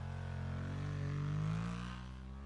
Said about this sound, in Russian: выкатил скутер на улицу, прыгнул на него и куда-то умчался.